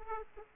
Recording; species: mosquito wingbeat signal from an infrared sensor; Aedes aegypti